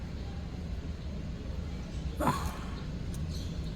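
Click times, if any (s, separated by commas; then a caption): none. A SIM card is slowly lined up with the SIM slot of a Stapon S8 QLED car stereo head unit (4GB RAM/64GB ROM, Android 13) for a 2019 Suzuki Vitara, moved carefully so it matches the slot before being pushed in. Over a low steady hum, a soft scraping rustle rises around 2.2–2.5 s and a brief light tick follows at 3.1 s. Nothing has seated or clicked yet; the card is only being aligned.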